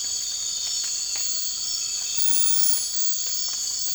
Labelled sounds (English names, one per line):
none